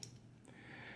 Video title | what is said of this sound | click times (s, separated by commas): How to clean the Ruger LCP Max 380 pistol! | and then it's going to just lock back into this little tiny cut right here on the back of the barrel | 0.0 s